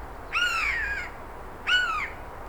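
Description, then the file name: Eurasian jay giving two quick mewing calls in succession, each a harmonic note bending downward and lasting under a second. "Garrulus glandarius"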